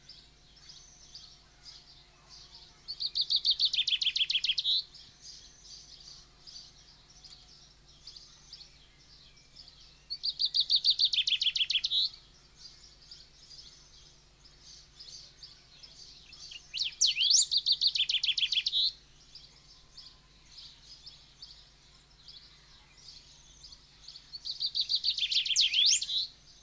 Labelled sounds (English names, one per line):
Common Chaffinch song